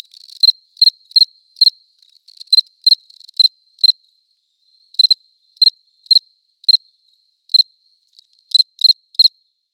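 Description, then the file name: Cricket song of loud, high, clipped chirps with brief pauses and a faint trill early on. Close recording, León. "Cricket close recording Leon"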